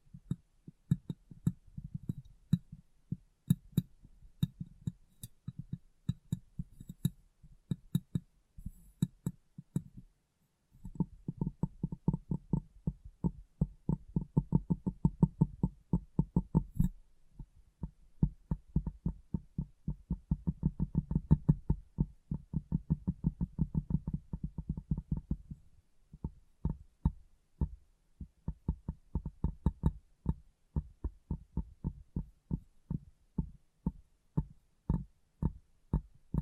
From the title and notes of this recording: ASMR Glass Brain Tapping & Cleaning (No Talking).